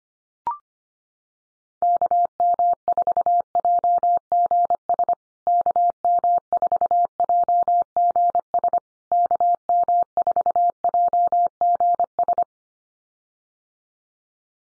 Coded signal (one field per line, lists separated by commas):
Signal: Morse code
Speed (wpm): 25 wpm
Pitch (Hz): 700 Hz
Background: none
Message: KM4JGS KM4JGS KM4JGS